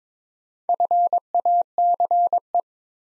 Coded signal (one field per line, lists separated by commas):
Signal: Morse code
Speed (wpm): 21 wpm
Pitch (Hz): 700 Hz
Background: none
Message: FACE